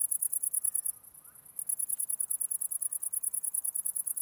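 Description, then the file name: Cricket chirps in rapid high pulses, breaking off for about half a second near the start before continuing evenly to the end. Recorded 11 August 2009. "20090811 crickets"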